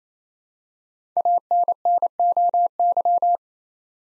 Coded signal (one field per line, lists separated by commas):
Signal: Morse code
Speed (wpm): 28 wpm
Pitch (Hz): 700 Hz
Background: none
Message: ANNOY